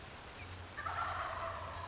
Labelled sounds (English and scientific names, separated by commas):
Wild Turkey (Meleagris gallopavo)